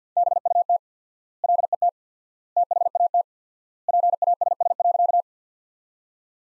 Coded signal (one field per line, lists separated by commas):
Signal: Morse code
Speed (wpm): 50 wpm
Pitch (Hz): 700 Hz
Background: none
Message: BUT LET THAT PASS.